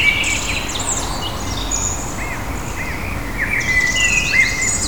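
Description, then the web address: Birds singing, several overlapping high chirps and short swept notes, some quick down-slurred whistles, over steady low rumbling background noise. Ambient birdsong recorded in the morning. "misc ambient morningbirds"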